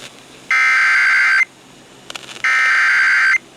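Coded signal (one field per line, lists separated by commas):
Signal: Emergency Alert System (SAME) tones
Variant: header bursts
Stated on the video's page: EAS alerts from NWS Paducah.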